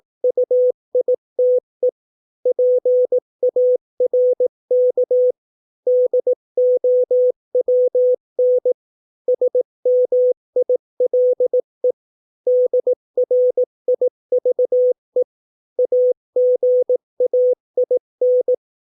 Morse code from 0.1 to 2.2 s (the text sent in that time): UITE